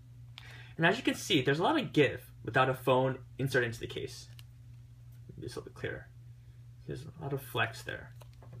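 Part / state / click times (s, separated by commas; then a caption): kickstand into a TPU/polycarbonate phone case / not seated / none. A plastic kickstand is handled against an assembled TPU and polycarbonate iPhone 6 Plus case with no phone inside, the case flexing a lot because it is empty. Someone talks over faint handling noises and a few small taps near the end. The kickstand has not popped into place yet.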